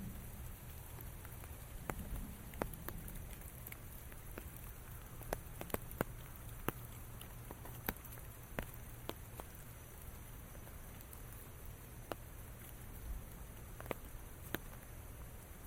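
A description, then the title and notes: Rain falls in a steady, dense hiss with a low rumble underneath. Sharp individual drops tap out irregularly, a few every second or two, and a brief deeper swell passes around the two-second mark. Walk in the Rain.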